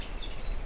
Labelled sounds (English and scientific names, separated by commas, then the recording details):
Stitchbird (Notiomystis cincta) song
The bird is a male
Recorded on Tiritiri Matangi Island, New Zealand, in 2005
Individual 10, of nest box 12